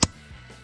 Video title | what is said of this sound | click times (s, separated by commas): DIY 2021-2026 Nissan Rogue Cabin Air Filter Replacement - Replace Nissan Rogue Cabin Air Filter | Once the tab is slided in and we close and push the cover to a point until we hear a clicking sound, | 0.0 s